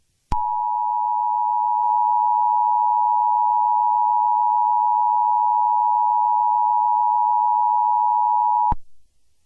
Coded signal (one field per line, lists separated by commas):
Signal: Emergency Alert System (SAME) tones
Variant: 853 and 960 Hz attention tone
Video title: 💀💀💀| An EAS Scenario